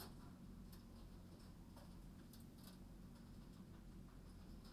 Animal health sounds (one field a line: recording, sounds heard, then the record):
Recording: poultry house recording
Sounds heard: no chicken sound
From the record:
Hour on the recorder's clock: 22